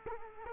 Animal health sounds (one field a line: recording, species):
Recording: mosquito wingbeat signal from an infrared sensor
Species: Culex quinquefasciatus